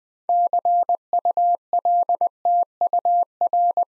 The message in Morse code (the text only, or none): CULTUR